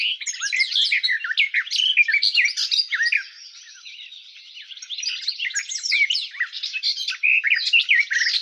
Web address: щегол